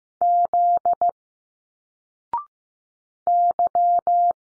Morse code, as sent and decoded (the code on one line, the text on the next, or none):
--.. / -.--
Z Y